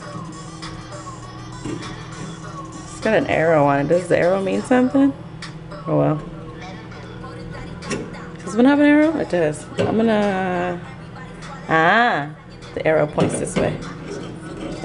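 An arrow-marked part is being handled for fitting into a kitchen appliance, and the arrow is checked to work out which way it faces before it is locked in. Someone talks over a steady background of music. Nothing has seated or clicked yet.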